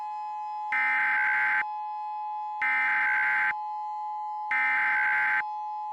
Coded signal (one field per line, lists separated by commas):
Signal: Emergency Alert System (SAME) tones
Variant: header bursts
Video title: EAS Mock: TOR-E For Lexington (Christmas Gift for SPCLexington)